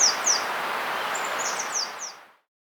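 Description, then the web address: Capped conebill song: a few very high, thin, slurred notes, some falling in pitch, over a steady hiss, ending after about two seconds. Andean bird of South America. "Natures Songs S America Andean Birds. Capped Conebill (Conirostrum Albifrons)"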